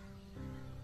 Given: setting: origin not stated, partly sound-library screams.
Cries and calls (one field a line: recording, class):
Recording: one-second piece from a danger detection set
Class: normal situation